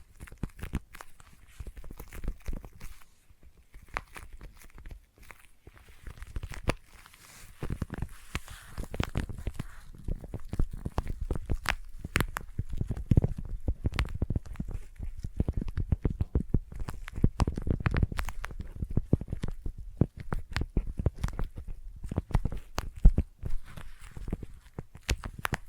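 Sticky tapping and sticky triggers: a dense run of quick, uneven taps and tacky clicks that continues for the whole stretch, with no pauses. The taps carry a soft low thump and a crisp upper edge. Busier, heavier bursts gather around the middle and later on.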